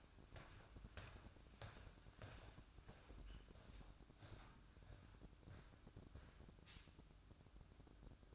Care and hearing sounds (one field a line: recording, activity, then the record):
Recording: daily activity, microphone in the room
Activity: walk to room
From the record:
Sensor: 2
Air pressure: 1008.1 hPa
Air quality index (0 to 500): 116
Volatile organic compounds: 1 ppm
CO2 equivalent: 863 ppm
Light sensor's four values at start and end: 8/18/7/7 and 8/18/7/7